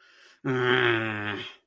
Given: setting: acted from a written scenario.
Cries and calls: vocal sound without words; anger

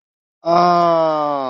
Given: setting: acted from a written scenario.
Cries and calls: vocal sound without words; realization

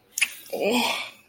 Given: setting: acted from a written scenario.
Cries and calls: vocal sound without words; embarrassment

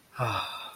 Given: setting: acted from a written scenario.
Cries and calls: vocal sound without words; contentment

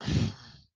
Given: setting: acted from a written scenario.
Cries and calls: vocal sound without words; guilt

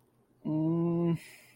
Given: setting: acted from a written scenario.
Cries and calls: vocal sound without words; guilt

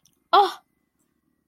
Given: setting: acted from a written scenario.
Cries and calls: vocal sound without words; confusion

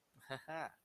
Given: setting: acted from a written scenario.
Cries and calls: vocal sound without words; serenity

